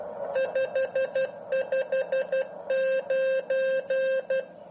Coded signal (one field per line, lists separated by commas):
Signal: Morse code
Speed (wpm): 12 wpm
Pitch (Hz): 530 Hz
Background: none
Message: 559